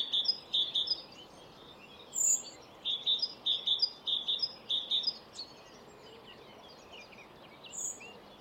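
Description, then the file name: Great tit giving bright, high repeated notes in short clusters, then a longer series of evenly spaced pairs with faint background bird chatter. "Parus major"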